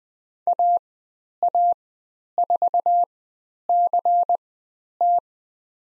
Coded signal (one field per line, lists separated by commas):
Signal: Morse code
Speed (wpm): 20 wpm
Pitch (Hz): 700 Hz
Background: none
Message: AA4CT